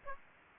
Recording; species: mosquito wingbeat signal from an infrared sensor; Aedes aegypti